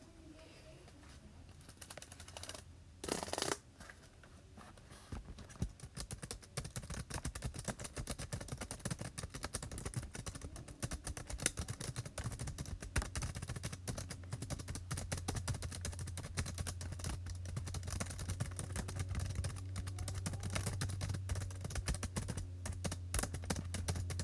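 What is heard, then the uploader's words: Dense, rapid tapping and scratching run almost the whole way through, like keyboard typing mixed with rubbing on foam. Two louder bursts stand out around seconds 2 and 3, and from about 12 seconds a steady low hum sits beneath the busy clicking. Random ASMR triggers {NO TALKING}. Tapping, scratching, foam sounds, water sounds, keyboard typing.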